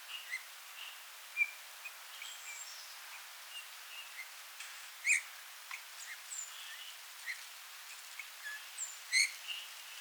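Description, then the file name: Eurasian bullfinch calls, a few short soft whistles near the same pitch at irregular gaps, among scattered clicks and other faint sounds. "Pyrrhula pyrrhula"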